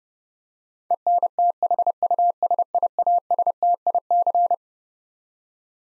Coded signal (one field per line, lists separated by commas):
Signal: Morse code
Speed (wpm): 30 wpm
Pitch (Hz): 700 Hz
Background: none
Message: ENTHUSIASTIC